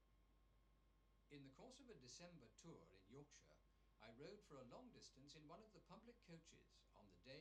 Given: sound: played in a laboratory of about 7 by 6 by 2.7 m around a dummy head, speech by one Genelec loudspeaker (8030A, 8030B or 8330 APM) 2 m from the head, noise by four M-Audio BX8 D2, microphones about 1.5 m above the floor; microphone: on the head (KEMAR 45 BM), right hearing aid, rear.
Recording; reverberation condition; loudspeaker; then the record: male speech in English; low; 30 degrees to the right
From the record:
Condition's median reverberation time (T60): about 310 ms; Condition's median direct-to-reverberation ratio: about 3.5 dB